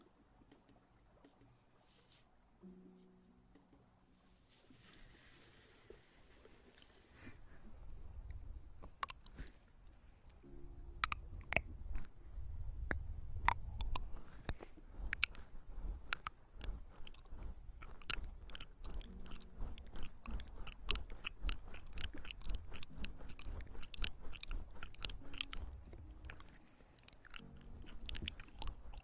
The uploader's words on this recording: Maid Ear Eating & Ear Massage.